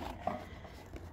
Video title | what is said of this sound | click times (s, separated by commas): Pink Mr. Stacky ~Grow in Vertical Planters! Pink & Green #gardening #plants #herbs #flowers #amazon | it actually locks in | 0.3 s